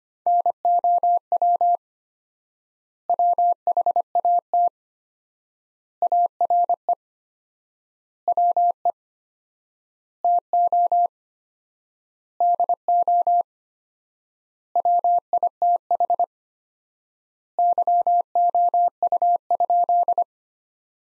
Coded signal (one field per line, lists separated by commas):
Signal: Morse code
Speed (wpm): 25 wpm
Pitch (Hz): 700 Hz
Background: none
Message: NOW WHAT ARE WE TO DO WITH YOU?